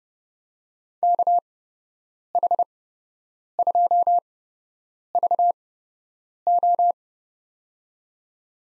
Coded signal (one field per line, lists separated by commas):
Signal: Morse code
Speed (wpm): 30 wpm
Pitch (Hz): 700 Hz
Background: none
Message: KH2VO